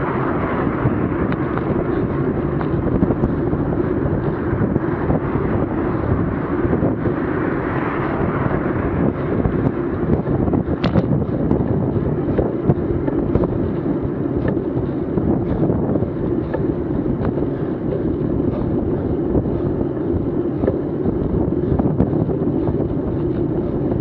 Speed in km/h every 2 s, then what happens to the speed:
27, 27, 27, 27, 27, 27, 27, 27, 28, 28, 28, 28.
0-24 steady at about 27.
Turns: none.